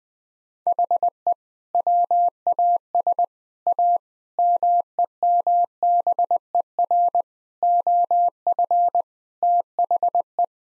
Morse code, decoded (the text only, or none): HE WAS A MEMBER OF THE